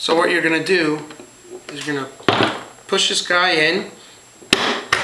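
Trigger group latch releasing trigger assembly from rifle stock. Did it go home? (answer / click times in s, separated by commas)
released / 4.5 s, 4.9 s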